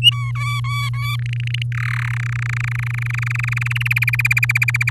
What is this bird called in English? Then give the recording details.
Domestic Canary. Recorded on 9 May 2018 at 05:32. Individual llb16